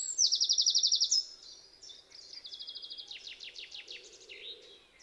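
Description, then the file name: Eurasian wren song opening with a loud rapid trill, then continuing more softly with quick buzzy runs and descending notes. "Troglodytes troglodytes"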